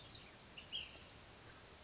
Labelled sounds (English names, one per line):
Ash-throated Flycatcher